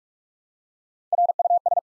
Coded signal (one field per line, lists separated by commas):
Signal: Morse code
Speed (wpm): 44 wpm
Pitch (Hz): 700 Hz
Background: none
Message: RUS